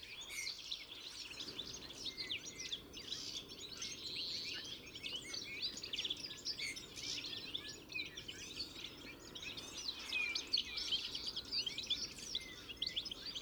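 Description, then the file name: European goldfinch twittering, a dense, unbroken tangle of high tinkling twitters and quick buzzy notes over faint low background noise. "Carduelis carduelis"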